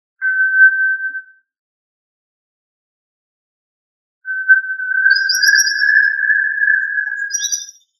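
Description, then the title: Tinamou call, a short steady whistle followed after a pause by a long, level, slightly rising whistled note, with faint high chirps above. "Familia Tinamidae - Quail - Puyuh"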